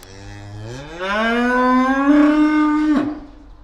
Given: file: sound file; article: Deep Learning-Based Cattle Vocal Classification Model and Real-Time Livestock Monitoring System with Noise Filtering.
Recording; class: cattle; estrus call